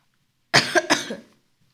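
A child who has a cough and is a little sick gives a quick run of two or three harsh, dry coughs lasting under a second.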